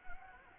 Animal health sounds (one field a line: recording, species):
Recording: mosquito wingbeat signal from an infrared sensor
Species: Anopheles gambiae